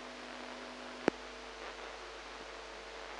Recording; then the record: brain microelectrode recording played as sound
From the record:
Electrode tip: inside the subthalamic nucleus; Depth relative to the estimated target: -1 mm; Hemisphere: right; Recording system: NeuroSet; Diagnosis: Parkinson's disease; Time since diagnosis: 8 years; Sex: female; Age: 45 years